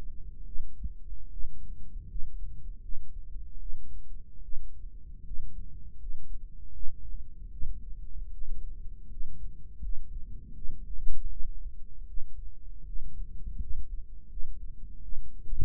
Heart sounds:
heart sounds by microphone in the right ear; 78 bpm
0.44 s: heartbeat
1.29 s: heartbeat
2.06 s: heartbeat
2.80 s: heartbeat
3.58 s: heartbeat
4.41 s: heartbeat
5.23 s: heartbeat
5.97 s: heartbeat
6.72 s: heartbeat
7.50 s: heartbeat
8.30 s: heartbeat
9.08 s: heartbeat
9.80 s: heartbeat
10.53 s: heartbeat
11.29 s: heartbeat
12.06 s: heartbeat
12.84 s: heartbeat
13.58 s: heartbeat
14.28 s: heartbeat
15.01 s: heartbeat
From the record:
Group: healthy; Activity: rest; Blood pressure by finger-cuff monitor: 122/73 mmHg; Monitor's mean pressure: 88 mmHg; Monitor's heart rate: 80 bpm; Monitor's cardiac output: 6.7 L/min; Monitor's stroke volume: 86 mL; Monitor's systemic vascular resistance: 960 dyn s/cm5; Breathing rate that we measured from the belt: 16 breaths a minute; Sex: female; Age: 22 years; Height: 160 cm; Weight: 63 kg

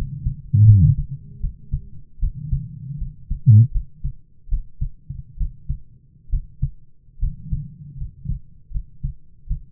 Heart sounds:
heart sounds by stethoscope; 75 bpm
0.64 s: heartbeat
1.39 s: heartbeat
2.19 s: heartbeat
2.97 s: heartbeat
3.71 s: heartbeat
4.48 s: heartbeat
5.36 s: heartbeat
6.29 s: heartbeat
7.18 s: heartbeat
7.97 s: heartbeat
8.70 s: heartbeat
9.46 s: heartbeat
From the record:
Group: healthy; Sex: male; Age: 22 years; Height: 185 cm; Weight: 112.4 kg

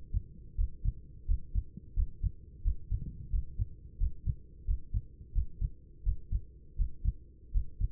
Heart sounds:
heart sounds by stethoscope; 86 bpm
0.55 s: heartbeat
1.25 s: heartbeat
1.94 s: heartbeat
2.62 s: heartbeat
3.30 s: heartbeat
3.97 s: heartbeat
4.65 s: heartbeat
5.32 s: heartbeat
6.03 s: heartbeat
6.75 s: heartbeat
7.51 s: heartbeat
From the record:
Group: healthy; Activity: Valsalva maneuver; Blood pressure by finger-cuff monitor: 133/85 mmHg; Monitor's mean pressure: 95 mmHg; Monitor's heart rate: 87 bpm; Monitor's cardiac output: 7.2 L/min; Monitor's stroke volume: 83 mL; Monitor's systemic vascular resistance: 970 dyn s/cm5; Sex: male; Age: 24 years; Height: 184 cm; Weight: 89 kg

